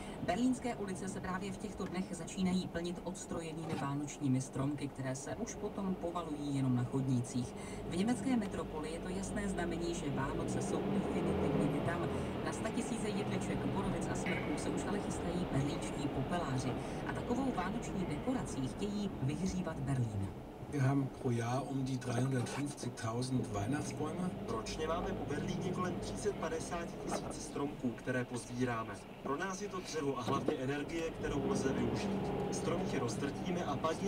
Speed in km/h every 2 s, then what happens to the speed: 11, 1, 0, 0, 8, 22, 26, 28, 26, 18, 3, 0, 8, 8, 0, 2, 16.
0-2 brakes to 1. 2-7 standing. 7-13 pulls away to 28. 13-21 slows to 0. 27-30 standing. 30-32 pulls away to 16.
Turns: none.